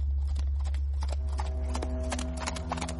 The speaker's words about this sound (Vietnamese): Có tiếng trồi quất vào mông ngựa mấy cái, xe từ từ lăn bánh đi.